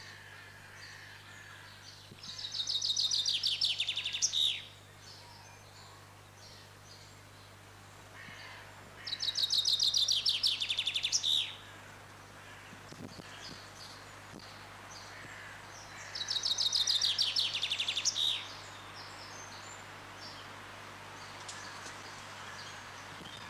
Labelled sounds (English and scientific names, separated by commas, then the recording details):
Common Chaffinch (Fringilla coelebs) song
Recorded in the wild
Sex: male
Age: adult
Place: Zoo Berlin, Berlin, DE
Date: 2006-06-07 11:40
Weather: fair, 16°C
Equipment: Grundig CR 110, Sennheiser ME 80, Kopie Uher 4000 Report Monitor
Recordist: Tembrock, Günter